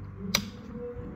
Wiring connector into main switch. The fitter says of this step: Now you get this one. Also make sure you always click.